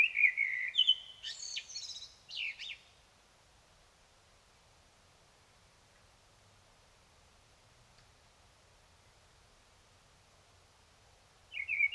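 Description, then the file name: Common blackbird song phrase of fluty notes and high scratchy twitters at the start, then long silence before another phrase begins at the very end. "Turdus merula"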